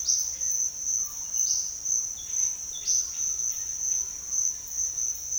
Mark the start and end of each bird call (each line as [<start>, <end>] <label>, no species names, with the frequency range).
[0.04, 0.28] bird call (2.9-6.8 kHz)
[1.43, 1.71] bird call (3.1-6.9 kHz)
[2.86, 3.10] bird call (2.5-6.8 kHz)